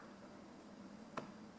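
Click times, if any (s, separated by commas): none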